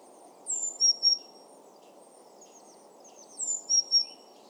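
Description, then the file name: Eurasian blue tit uttering two short groups of high, sharp, falling notes against a steady low background rumble. "Cyanistes caeruleus"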